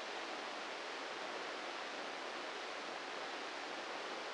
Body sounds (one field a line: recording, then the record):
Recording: brain microelectrode recording played as sound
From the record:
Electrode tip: inside the subthalamic nucleus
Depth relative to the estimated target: -3 mm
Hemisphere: left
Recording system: NeuroSet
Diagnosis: Parkinson's disease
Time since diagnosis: 8 years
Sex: male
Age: 58 years